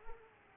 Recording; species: mosquito wingbeat signal from an infrared sensor; Culex pipiens